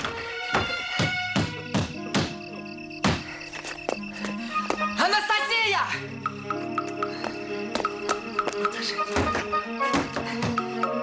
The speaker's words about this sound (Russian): бежит к закрытой двери. Стучится в нее.